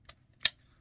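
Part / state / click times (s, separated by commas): compass accessory onto kydex sheath mount / seated / 0.5 s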